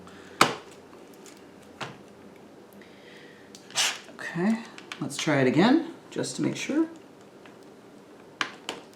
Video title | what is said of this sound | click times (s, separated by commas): Framework 13 - Unboxing and setup | There we go. That sounded like a healthier click. | 8.4 s, 8.7 s